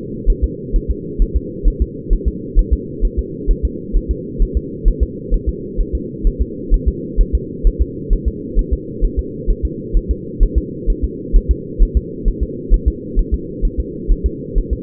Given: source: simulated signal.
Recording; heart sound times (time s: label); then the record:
fetal heart sounds
0.30 s: S1
0.44 s: S2
0.76 s: S1
0.91 s: S2
1.22 s: S1
1.36 s: S2
1.68 s: S1
1.82 s: S2
2.13 s: S1
2.28 s: S2
2.59 s: S1
2.73 s: S2
3.05 s: S1
3.19 s: S2
3.51 s: S1
3.65 s: S2
3.97 s: S1
4.11 s: S2
4.42 s: S1
4.57 s: S2
4.88 s: S1
5.03 s: S2
5.34 s: S1
5.49 s: S2
5.81 s: S1
5.95 s: S2
6.27 s: S1
6.41 s: S2
6.74 s: S1
6.88 s: S2
7.21 s: S1
7.35 s: S2
7.67 s: S1
7.82 s: S2
8.13 s: S1
8.28 s: S2
8.59 s: S1
8.73 s: S2
9.04 s: S1
9.19 s: S2
9.50 s: S1
9.65 s: S2
9.97 s: S1
10.11 s: S2
10.43 s: S1
10.58 s: S2
10.90 s: S1
11.04 s: S2
11.36 s: S1
11.51 s: S2
11.83 s: S1
11.97 s: S2
12.28 s: S1
12.43 s: S2
12.74 s: S1
12.88 s: S2
13.19 s: S1
13.34 s: S2
13.65 s: S1
13.80 s: S2
14.12 s: S1
14.26 s: S2
14.58 s: S1
14.73 s: S2
From the record:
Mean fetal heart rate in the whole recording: 130 bpm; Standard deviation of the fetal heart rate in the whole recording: 2 bpm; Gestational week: 38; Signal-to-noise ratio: -4.1 dB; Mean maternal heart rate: no maternal heart sound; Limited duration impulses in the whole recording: absent